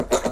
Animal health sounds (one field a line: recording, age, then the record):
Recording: pig call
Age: piglet (1 to 25 days)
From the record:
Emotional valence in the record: negative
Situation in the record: crushing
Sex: male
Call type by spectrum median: low-frequency call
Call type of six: low-frequency stable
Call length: 0.32 s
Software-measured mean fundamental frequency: 55 Hz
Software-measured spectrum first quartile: 460 Hz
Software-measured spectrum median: 848 Hz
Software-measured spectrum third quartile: 3124 Hz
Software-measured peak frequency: 614 Hz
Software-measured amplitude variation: 255 dB a second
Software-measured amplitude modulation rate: 9.4 a second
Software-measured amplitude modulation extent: 27.3 dB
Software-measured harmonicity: 3.7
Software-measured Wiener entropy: -2.54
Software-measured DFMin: 791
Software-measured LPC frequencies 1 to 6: 554, 1164, 3759, 5545, 6238, 6911 Hz